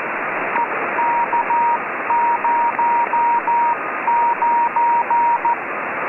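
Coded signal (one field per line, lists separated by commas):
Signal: Morse code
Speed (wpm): 14 wpm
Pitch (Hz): 940 Hz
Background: radio noise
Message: EK09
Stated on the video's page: Ham beacon, 8 watts, on 28183 kHz CW, received in Uruguay on a Kenwood TS-50 with an A99 vertical antenna.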